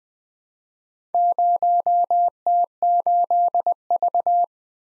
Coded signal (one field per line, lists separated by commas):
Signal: Morse code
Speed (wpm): 20 wpm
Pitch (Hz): 700 Hz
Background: none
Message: 0T8V